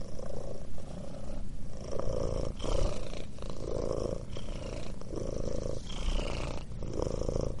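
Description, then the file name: Cat purr, steady and rumbling, rising and falling with each breath about every second. Purring, "mrrr". "Murchanie - Cats mrrr Relax"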